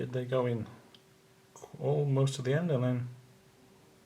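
A test lead plug is pushed toward the input jack of a 2018 LIDL Powerfix multimeter while someone talks, with a couple of faint handling taps between phrases. Nothing has seated or clicked yet; the plug is not home by the end of the clip.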